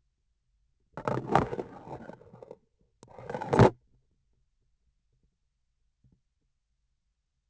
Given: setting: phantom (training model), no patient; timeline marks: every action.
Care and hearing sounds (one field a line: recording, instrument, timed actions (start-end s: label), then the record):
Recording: laparoscopic instrument, vibration sensor on the handle end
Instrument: grasping forceps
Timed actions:
0.93-2.54 s: insertion through the trocar
2.98-3.75 s: removal through the trocar
From the record:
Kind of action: spatial motion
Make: other than Olympus